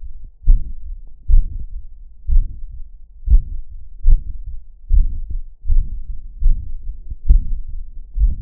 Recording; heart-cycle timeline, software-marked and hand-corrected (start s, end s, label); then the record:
heart sounds
0.00	0.02	S2
0.02	0.48	diastole
0.48	0.62	S1
0.62	0.72	systole
0.72	0.82	S2
0.82	1.30	diastole
1.30	1.48	S1
1.48	1.66	systole
1.66	1.80	S2
1.80	2.30	diastole
2.30	2.46	S1
2.46	2.62	systole
2.62	2.76	S2
2.76	3.26	diastole
3.26	3.42	S1
3.42	3.52	systole
3.52	3.62	S2
3.62	4.06	diastole
4.06	4.20	S1
4.20	4.30	systole
4.30	4.42	S2
4.42	4.92	diastole
4.92	5.08	S1
5.08	5.16	systole
5.16	5.26	S2
5.26	5.70	diastole
5.70	5.84	S1
5.84	5.92	systole
5.92	6.02	S2
6.02	6.46	diastole
6.46	6.60	S1
6.60	6.70	systole
6.70	6.80	S2
6.80	7.28	diastole
7.28	7.44	S1
7.44	7.56	systole
7.56	7.68	S2
7.68	8.18	diastole
8.18	8.32	S1
8.32	8.40	systole
8.40	8.42	S2
From the record:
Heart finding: mitral regurgitation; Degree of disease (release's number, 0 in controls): 3 to 4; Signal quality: good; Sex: female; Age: 83 years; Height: 1.52 m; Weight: 55 kg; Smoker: no